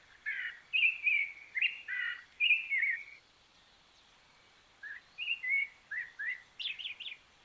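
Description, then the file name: Rufous-bellied thrush singing choppy, mellow whistled phrases in a rapid run, then a pause of about one and a half seconds before a shorter series ending in higher notes. "Sonido ZORZAL COLORADO"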